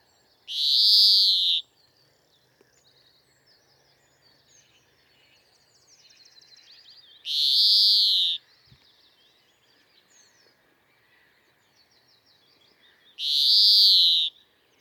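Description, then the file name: European greenfinch calls: three long wheezy notes spaced about six seconds apart, with faint soft twittering between them. "Chloris chloris"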